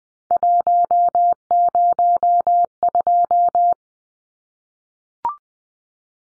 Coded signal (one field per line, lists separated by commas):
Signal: Morse code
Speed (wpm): 20 wpm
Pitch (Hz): 700 Hz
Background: none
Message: 102